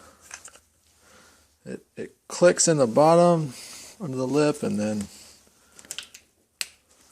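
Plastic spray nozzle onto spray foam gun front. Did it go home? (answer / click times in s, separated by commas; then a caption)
yes / 6.6 s. A plastic mixing nozzle is hooked into the bottom lip of a spray foam gun and pushed up until it snaps in place. Someone talks, a few small handling clicks and rattles follow, and a sharp snap at 6.6 s marks the nozzle seating.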